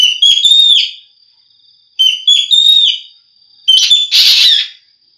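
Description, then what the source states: Javan green magpie song: three whistled phrases of wavering notes, about two seconds apart, the last turning into a harsh screech, with a steady thin high hum. Song variations.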